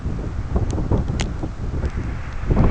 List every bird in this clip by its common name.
none